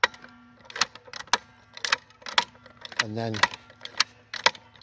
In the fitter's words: pull this thing all the way over give it a big yank till you hear a clunk